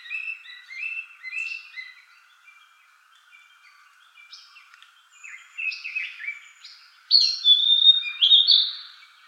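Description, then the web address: Narcissus flycatcher giving varied chirps and short whistles, soft at first, then louder rich whistled phrases near the end. Recorded 13 May 2014. "birdenaga kibitaki S 140513"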